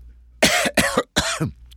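Three coughs from an adult patient coughing on request during a lung examination, after deep breathing. A productive cough, with secretions heard in the lungs.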